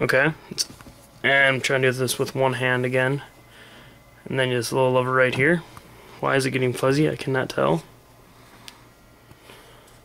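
Someone talks while fitting a replica HK quick-detach scope mount onto the receiver of a PTR-91 (HK G3/HK91) rifle with one hand and reaching for its small locking lever. There are quiet handling noises between the speech. Nothing has seated or clicked yet.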